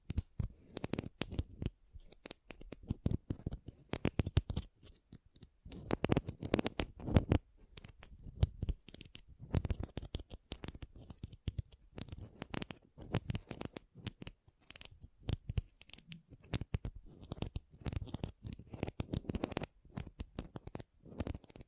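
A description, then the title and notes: Pom pom tingles: soft, papery scratching and rustling strokes come in quick, dense bursts throughout. The brushing sounds are bright and crackly, with irregular clusters of rapid touches and brief quieter gaps, the pace never settling into a steady rhythm. ASMR Ultimate Pom Pom Tingles (No Talking).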